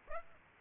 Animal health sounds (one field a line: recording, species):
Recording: mosquito wingbeat signal from an infrared sensor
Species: Aedes aegypti